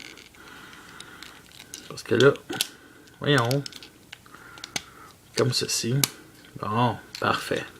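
Plastic parts of a Transformers Generation Tailgate Scout Class toy robot are handled and pressed together during transformation, with small plastic clicks and taps between bursts of speech as someone talks. Nothing has clipped or seated yet by the end of the clip.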